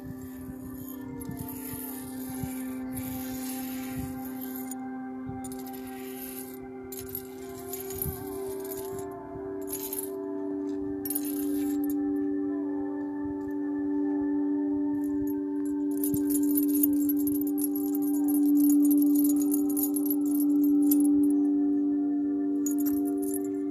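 Tibetan singing bowls hum in a steady, low drone throughout, with a second bowl tone swelling in partway and the sound growing louder toward the end. Light metallic jingles, like a bracelet or chimes, scatter across the top, with soft taps underneath.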